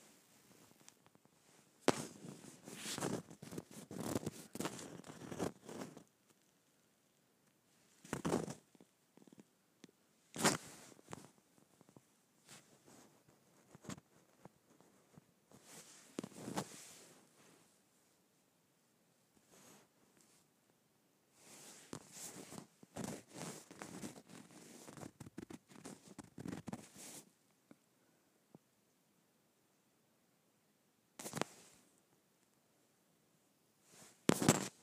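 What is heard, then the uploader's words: A leather bag is scraped in short, rough bursts of rasping texture, bright and crackly, separated by silent gaps. Strokes cluster around 2–6 seconds, 16, and 22–27 seconds, with single sharp scrapes near 8, 10, 31 and 34 seconds. Scraping my Leather Bag.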